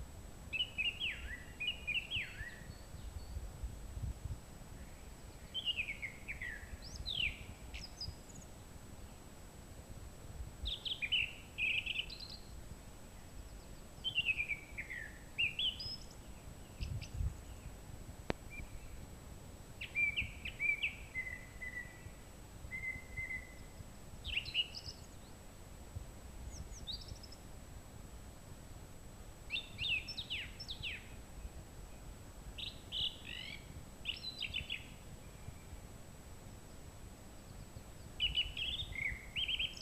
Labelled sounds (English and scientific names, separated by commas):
Song Thrush (Turdus philomelos) song